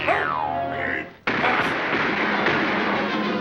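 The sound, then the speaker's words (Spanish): A falling, whistling tone slides down and cuts off, then a loud, dense barrage of rapid cartoon gunshots erupts and rattles on steadily to the end. “¡Sí, sí 8 lo harás! Tiros.”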